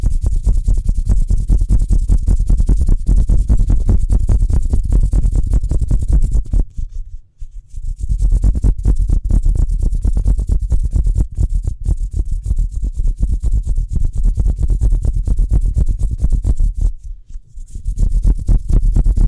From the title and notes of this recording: ASMR Speedy Hand Sounds (No Talking).